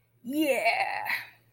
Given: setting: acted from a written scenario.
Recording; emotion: vocal sound without words; triumph